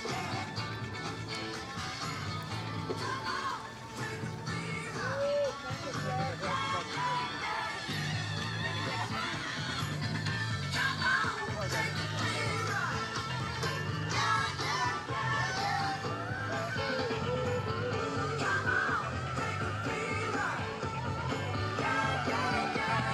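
A steady, dense crowd murmur fills the Universal Studios Florida theme park, with voices, occasional shouts and whoops, and a low rumbling underneath.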